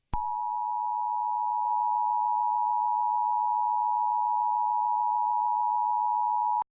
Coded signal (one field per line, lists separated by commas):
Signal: Emergency Alert System (SAME) tones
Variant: 853 and 960 Hz attention tone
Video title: Eas Scenario 011 - Operation of the Silent Feast (The Thanksgiving Special)